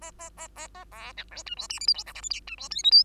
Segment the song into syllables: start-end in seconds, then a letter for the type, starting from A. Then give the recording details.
0.01-0.11 A, 0.19-0.30 A, 0.37-0.48 A, 0.55-0.68 A, 0.74-0.85 A, 0.91-1.13 B, 1.17-1.25 C, 1.31-1.43 D, 1.46-1.55 E, 1.57-1.68 F, 1.69-1.79 G, 1.80-1.87 H, 1.87-1.94 I, 1.94-2.04 J, 2.06-2.13 K, 2.15-2.21 L, 2.22-2.29 M, 2.30-2.40 N, 2.47-2.56 E, 2.58-2.69 F, 2.70-2.83 O, 2.83-2.91 P, 2.91-3.03 Q. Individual Bird2